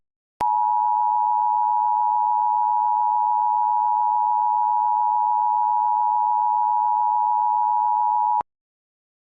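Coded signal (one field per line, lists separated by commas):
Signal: Emergency Alert System (SAME) tones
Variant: 853 and 960 Hz attention tone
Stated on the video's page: Fictional EAS scenario about a chemical release shelter-in-place during extreme heat; not a real alert.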